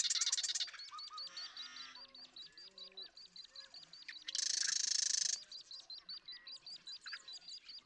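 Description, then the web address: Marsh Wren song: a loud buzzy rattling trill, a long string of rapid repeated chips, and a bright harsh burst near the middle. "birdsongforthecurious Marsh Wren"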